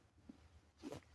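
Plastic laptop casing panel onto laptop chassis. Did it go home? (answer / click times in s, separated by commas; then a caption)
no / none. A plastic laptop casing panel is handled against the laptop chassis as it is reassembled after a battery repair. A low, steady hum runs under a faint tap near 0.3 s and a louder, brief scraping rustle from about 0.8 to 1.0 s. Nothing has seated or clicked yet.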